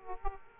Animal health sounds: mosquito wingbeat signal from an infrared sensor; Aedes aegypti

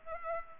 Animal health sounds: mosquito wingbeat signal from an infrared sensor; Culex pipiens

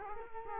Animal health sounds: mosquito wingbeat signal from an infrared sensor; Culex quinquefasciatus

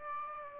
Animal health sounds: mosquito wingbeat signal from an infrared sensor; Aedes aegypti

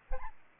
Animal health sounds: mosquito wingbeat signal from an infrared sensor; Aedes albopictus

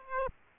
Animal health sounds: mosquito wingbeat signal from an infrared sensor; Aedes aegypti

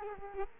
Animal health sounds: mosquito wingbeat signal from an infrared sensor; Culex quinquefasciatus

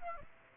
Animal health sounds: mosquito wingbeat signal from an infrared sensor; Aedes aegypti

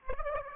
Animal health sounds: mosquito wingbeat signal from an infrared sensor; Aedes aegypti

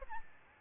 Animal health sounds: mosquito wingbeat signal from an infrared sensor; Aedes albopictus

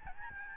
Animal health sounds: mosquito wingbeat signal from an infrared sensor; Aedes albopictus

